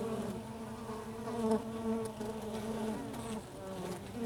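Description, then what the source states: Steady buzzing of honey bees, a low harmonic hum with slight rises and dips in pitch throughout. Recorded inside a beehive.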